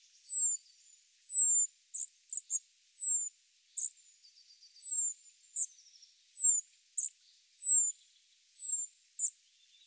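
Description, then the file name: Spotted flycatcher calls: thin, high, downward-sliding whistles alternating with sharp clicking chips, in a steady repeated pattern. Recorded in Sardinia. "GOBE MOUCHE GRIS ORIGINAL SARDE"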